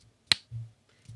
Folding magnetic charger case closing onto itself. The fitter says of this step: has this very satisfying snap